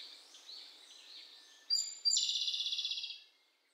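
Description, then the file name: Izu robin delivering a sharp note, then a bright, high, rapidly repeated trill for about a second, after softer high chirping. Recorded on Miyake Island on 16 May 2016. "tanekoma miyake kuroda"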